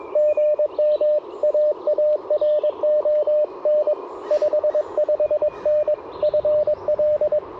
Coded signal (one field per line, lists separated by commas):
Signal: Morse code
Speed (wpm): 21 wpm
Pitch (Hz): 600 Hz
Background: radio noise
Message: GM AARON 55N FL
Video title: Morning Morse Code - 05/01/2025